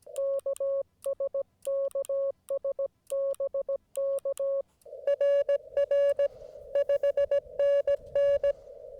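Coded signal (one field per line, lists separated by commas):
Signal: Morse code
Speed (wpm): 17 wpm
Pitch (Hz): 550 Hz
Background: none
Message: KS KS BK RR 5NN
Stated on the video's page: CW POTA park activation at 25 watts on a Yaesu FT-891 with US Morse paddles and a Chameleon 17-ft whip.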